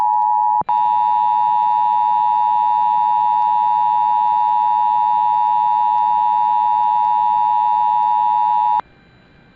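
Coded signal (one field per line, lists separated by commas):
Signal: Emergency Alert System (SAME) tones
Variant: 853 and 960 Hz attention tone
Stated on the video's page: Real Child Abduction Emergency SAME alert received over broadcast radio, originated by the National Weather Service.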